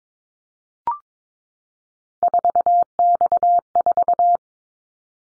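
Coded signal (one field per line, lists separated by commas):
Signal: Morse code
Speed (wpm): 22 wpm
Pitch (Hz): 700 Hz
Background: none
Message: 4X4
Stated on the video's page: Morse practice drill of common callsign prefixes for top 50 DXCC entities at 22 wpm, each sent twice for head-copy training.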